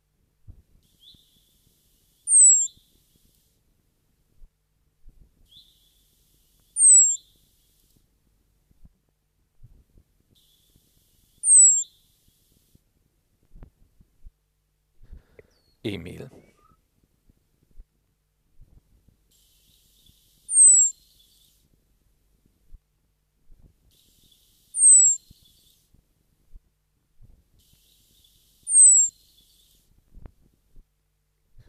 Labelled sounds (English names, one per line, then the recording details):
Common Blackbird call
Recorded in the wild
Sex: male
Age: adult
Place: Garmisch-Partenkirchen, Bayern, DE
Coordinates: 47.4931, 11.0725
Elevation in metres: 711
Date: 1971-04-09
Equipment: Nagra IV, Sennheiser MKH 405, Parabolreflektor
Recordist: Tretzel, Erwin